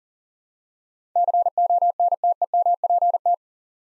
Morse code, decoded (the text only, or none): CONTEMPT